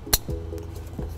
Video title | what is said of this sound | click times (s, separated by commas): 2020 Nissan Rogue Trailer Wiring Installation | okay let's go ahead and get our connectors plugged in here again we want to hear the click it | 0.1 s